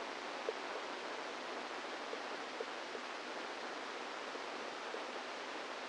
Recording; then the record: brain microelectrode recording played as sound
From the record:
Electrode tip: inside the subthalamic nucleus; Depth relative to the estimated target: -3 mm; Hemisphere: right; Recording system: NeuroSet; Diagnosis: Parkinson's disease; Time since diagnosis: 10 years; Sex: female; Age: 45 years